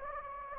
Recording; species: mosquito wingbeat signal from an infrared sensor; Anopheles gambiae